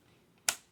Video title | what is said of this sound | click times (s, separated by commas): how to replace cd rom in dell inspiron one 2320 | just hear it you hear snap | 0.5 s